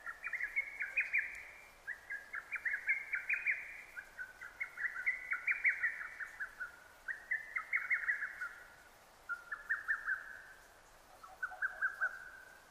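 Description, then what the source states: Lesser cuckoo: continuous volleys of quick, sharp whistled notes in repeated tumbling phrases, barely pausing between them. Recorded 6 June 2009.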